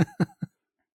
Coughing.